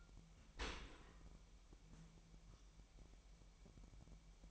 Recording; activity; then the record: daily activity, microphone in the room; open dishwasher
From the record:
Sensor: 1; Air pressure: 998.4 hPa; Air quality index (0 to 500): 137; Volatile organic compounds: 4 ppm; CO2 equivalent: 1643 ppm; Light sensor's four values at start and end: 16/56/22/22 and 16/56/22/22